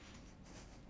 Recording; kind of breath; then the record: one breath in and out by a microphone near the nose and mouth; strong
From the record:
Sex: male